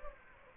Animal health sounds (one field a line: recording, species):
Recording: mosquito wingbeat signal from an infrared sensor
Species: Anopheles gambiae